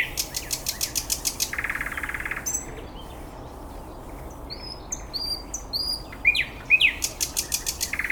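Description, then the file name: Bird song with rapid, buzzy trills and a dry rattle, broken by sharp, high whistled chirps. Recorded 9 May 2014 at 06:39. "birds 140509 0639"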